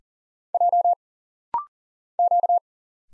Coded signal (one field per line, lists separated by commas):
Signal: Morse code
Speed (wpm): 40 wpm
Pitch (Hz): 700 Hz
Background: none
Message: J Q